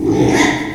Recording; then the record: squeal of a Yucatan mini pig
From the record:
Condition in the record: after surgery on the right vocal fold (resection and tissue-engineered implant); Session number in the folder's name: 3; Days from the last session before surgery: 33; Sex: male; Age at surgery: 12 weeks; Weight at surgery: 13 kg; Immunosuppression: cyclosporine, prednisolone